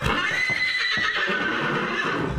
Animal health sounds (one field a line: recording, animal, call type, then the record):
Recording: contact call of a hoofed animal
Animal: horse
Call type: whinny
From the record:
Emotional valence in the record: negative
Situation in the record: group separation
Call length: 2.4 s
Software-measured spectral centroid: 2250 Hz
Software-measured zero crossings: 3390 a second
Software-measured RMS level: -24 dBFS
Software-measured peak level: -8 dBFS